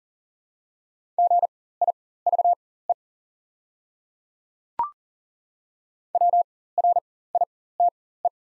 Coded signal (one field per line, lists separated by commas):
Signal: Morse code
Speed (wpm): 40 wpm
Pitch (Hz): 700 Hz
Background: none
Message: GIVE WRITE